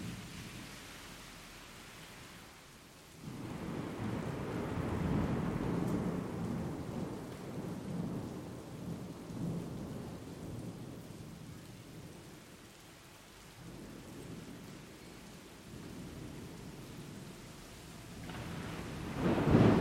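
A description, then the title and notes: Rain patters steadily on a roof and the street below while low thunder rolls through, swelling from about three seconds and lingering as a deep, distant rumble. The rumble eases midway, then a brighter, louder crack builds right at the end. Storm season in Singapore. En route to Decathlon from the Ju Koon MRT station, a distant rumbling caught our attention. A Zoom F8n, DPA 4060, and Zoom H3 VR for ambisonic recordings. Stationed at a bridge's end, I recorded the rhythmic patter of rain on the roof, its subsequent fall onto the street, and the encroaching thunder.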